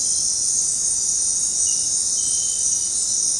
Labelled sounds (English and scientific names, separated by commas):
none